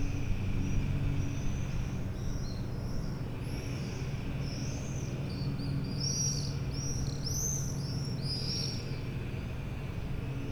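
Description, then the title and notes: Swift scream in piercing high trills that build into a lively chorus of overlapping birds during the latter half, with a low rumbling hum beneath. A flock of swifts wheeling over the rooftops of Aix-les-Bains, France, recorded from the MJC courtyard on a Sunday morning. "4 Rue Vaugelas, 73100 Aix-les-Bains, France - Les martinets. Le ballet des martinets au dessus des toits d'Aix-les-bains depuis la cour de la MJC un dimanche matin"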